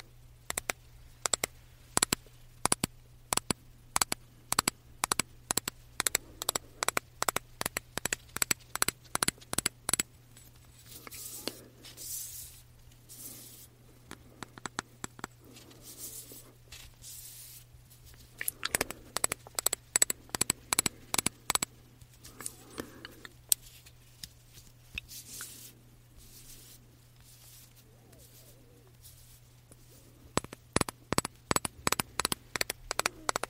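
Diffuser and body mist bottles are tapped and shaken. Crisp, bright taps come in quick regular runs for the first ten seconds, then give way to softer rustling shakes, with tapping bursts returning around 19–22 and 30–33 seconds. A steady low hum runs underneath throughout.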